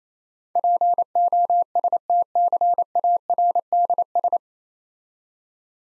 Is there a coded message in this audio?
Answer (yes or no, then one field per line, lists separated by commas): yes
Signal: Morse code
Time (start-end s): 0.6-4.4 s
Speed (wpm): 27 wpm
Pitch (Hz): 700 Hz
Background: none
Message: POSTCARDS